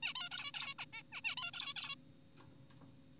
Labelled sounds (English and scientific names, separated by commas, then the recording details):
Zebra Finch (Taeniopygia guttata)
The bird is an adult
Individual g4p5U